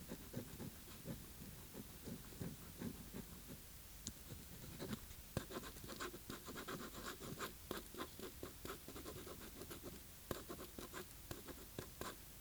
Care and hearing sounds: daily activity, guitar pickup as the sensor; write

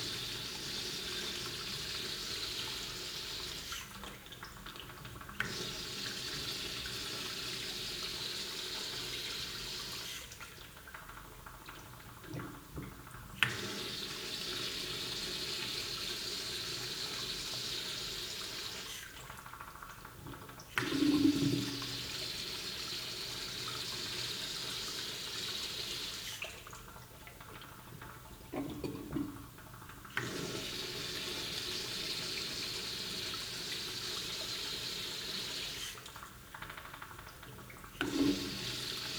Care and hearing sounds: daily activity, guitar pickup as the sensor; flush

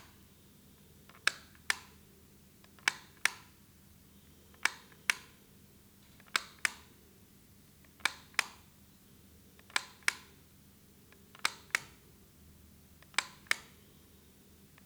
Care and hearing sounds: daily activity, guitar pickup as the sensor; operate light

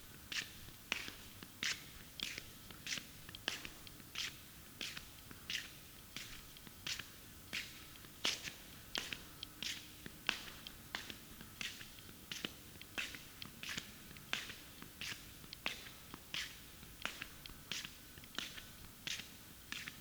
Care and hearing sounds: daily activity, guitar pickup as the sensor; walk

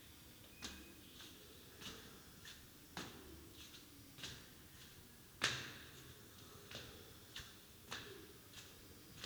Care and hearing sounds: daily activity, guitar pickup as the sensor; go upstairs

